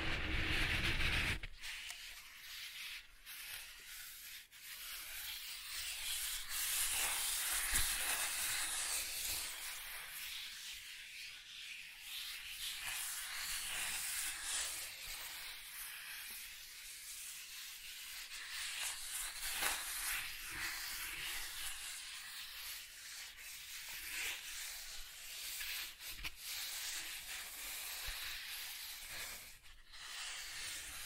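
Soft tracing across smooth and rough surfaces makes a continuous, airy rubbing hiss that swells and eases in slow strokes every few seconds. The sound is bright and papery with little low end, broken by a few sharp ticks and brief pauses.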